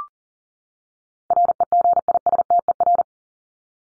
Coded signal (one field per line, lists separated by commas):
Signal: Morse code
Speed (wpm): 40 wpm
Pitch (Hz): 700 Hz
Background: none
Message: REGISTER